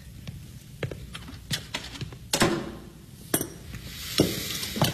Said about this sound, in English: I'm probably going to be making a lot of noise with these shelves.